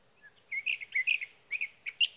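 Sage thrasher song, bursts of rapid, scratchy warbled notes with short gaps between clusters, over light background hiss.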